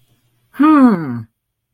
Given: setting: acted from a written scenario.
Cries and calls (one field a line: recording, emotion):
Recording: vocal sound without words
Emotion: confusion